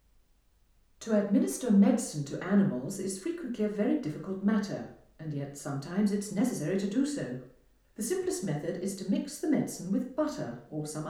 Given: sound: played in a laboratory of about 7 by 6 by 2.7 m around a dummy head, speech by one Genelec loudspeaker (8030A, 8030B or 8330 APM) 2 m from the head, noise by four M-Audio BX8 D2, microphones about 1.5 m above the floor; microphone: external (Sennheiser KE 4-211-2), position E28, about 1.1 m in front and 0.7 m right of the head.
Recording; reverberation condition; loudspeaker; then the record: female speech in English; medium; 90 degrees to the right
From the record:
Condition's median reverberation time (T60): about 510 ms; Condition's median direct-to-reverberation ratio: about -0.5 dB